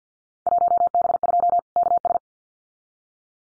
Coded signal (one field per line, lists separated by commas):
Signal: Morse code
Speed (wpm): 50 wpm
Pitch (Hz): 700 Hz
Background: none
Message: 1B2 KS